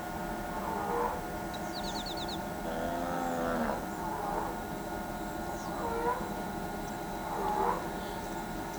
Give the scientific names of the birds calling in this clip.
Hypocnemis flavescens